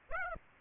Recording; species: mosquito wingbeat signal from an infrared sensor; Aedes aegypti